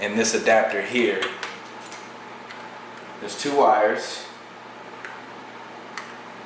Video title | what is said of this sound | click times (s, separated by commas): Project Gsxr Hid Headlight Installation (opt 7 Hid) | just snap right in | 5.1 s, 6.0 s